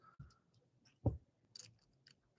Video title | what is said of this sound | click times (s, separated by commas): Training with Legos | two clicks in, and then set it up. | 1.1 s, 2.1 s